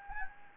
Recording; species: mosquito wingbeat signal from an infrared sensor; Anopheles gambiae